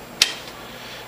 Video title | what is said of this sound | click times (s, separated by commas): AZZA Fusion 4000 ATX Super Full Tower Overview | and you push it till it clicks. | 0.2 s